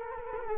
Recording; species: mosquito wingbeat signal from an infrared sensor; Culex quinquefasciatus